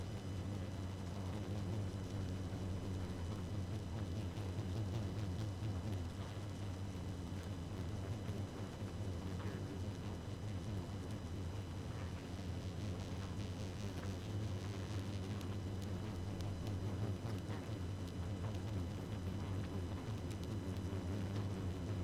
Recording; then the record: honeybee colony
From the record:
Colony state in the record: active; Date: 12 June 2018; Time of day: 0:50